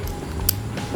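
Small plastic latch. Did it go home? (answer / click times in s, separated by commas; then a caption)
released / 0.5 s. An Insta360 Ace Pro action camera is opened from its quick-release mount and taken out. A sharp click sounds at 0.5 s over a low steady background hum, and the camera is released from the mount.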